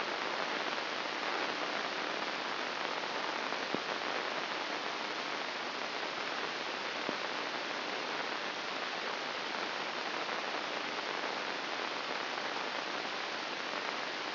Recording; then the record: brain microelectrode recording played as sound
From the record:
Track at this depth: inside the subthalamic nucleus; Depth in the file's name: 1.407 mm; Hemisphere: right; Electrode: 2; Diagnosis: Parkinson's disease